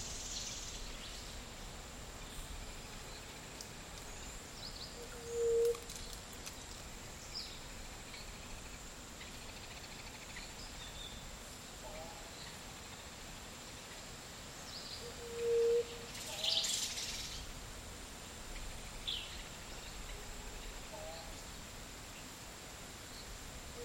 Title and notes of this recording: Costa Rican Dry forest. Around midday in a dry forest in Nosara, Guanacaste